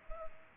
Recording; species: mosquito wingbeat signal from an infrared sensor; Culex pipiens